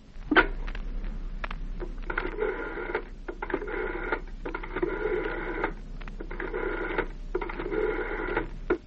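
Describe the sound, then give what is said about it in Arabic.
A telephone is dialed: a few sharp clicks, then a run of short, evenly spaced buzzing bursts with brief pauses between them, steady and moderately loud over a low background hum. “طب اديني التليفون”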